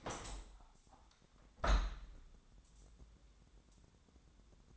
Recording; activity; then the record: daily activity, microphone in the room; open window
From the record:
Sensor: 3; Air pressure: 1000.4 hPa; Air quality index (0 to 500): 138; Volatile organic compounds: 2 ppm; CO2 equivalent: 1198 ppm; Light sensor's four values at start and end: 13/34/13/15 and 14/36/14/16